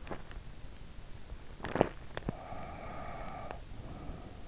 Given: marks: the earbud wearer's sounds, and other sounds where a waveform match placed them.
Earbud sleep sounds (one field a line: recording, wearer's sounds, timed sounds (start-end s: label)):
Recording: sounds in sleep by an in-ear microphone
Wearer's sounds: teeth grinding, breath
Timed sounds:
0.00-2.30 s: teeth grinding
2.30-4.36 s: breath